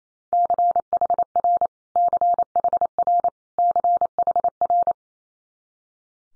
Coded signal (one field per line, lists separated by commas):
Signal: Morse code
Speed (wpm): 28 wpm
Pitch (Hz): 700 Hz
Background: none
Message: CHR CHR CHR